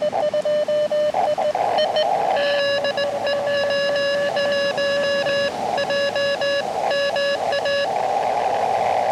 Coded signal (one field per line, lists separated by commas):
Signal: Morse code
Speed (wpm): 19 wpm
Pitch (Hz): 2800 Hz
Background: music, radio noise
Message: DE W1JMA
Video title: New Park CW Morse Code POTA Activation